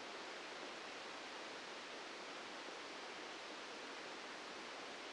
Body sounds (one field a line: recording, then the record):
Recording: brain microelectrode recording played as sound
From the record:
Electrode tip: outside the subthalamic nucleus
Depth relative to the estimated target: 4 mm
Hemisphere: left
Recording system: NeuroSet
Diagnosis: Parkinson's disease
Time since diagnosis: 13 years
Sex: male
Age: 63 years